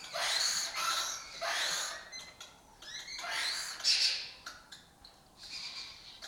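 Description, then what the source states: Lesser kestrel calls, loud raspy chattering in overlapping bursts from several birds, with short high notes between them. Colony of migratory lesser kestrels breeding in an abandoned building complex in Doñana, southern Europe; species forages in West Africa.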